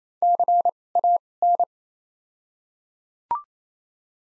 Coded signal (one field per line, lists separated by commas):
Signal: Morse code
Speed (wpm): 28 wpm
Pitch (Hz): 700 Hz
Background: none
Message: C A N